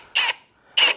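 A drill on first speed, not in drill mode, drives a terminal screw into a residential 3-gang wiring device, with its clutch set to click before the terminal is overtightened. A short buzzing burst at 0.2 s is followed by a louder clutch click at 0.8 s as the clutch slips. The screw ends up tight and not overtightened.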